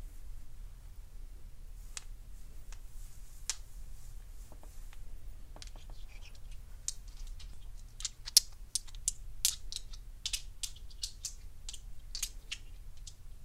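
Stones click together in sharp, bright taps, sparse and scattered over the first several seconds. From about seven seconds the clicks come faster and more irregularly, some louder than others. A steady low rumble runs underneath the whole time.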